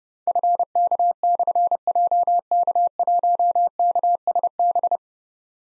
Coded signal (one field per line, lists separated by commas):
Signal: Morse code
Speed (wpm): 30 wpm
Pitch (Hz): 700 Hz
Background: none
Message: FK/JK1KSB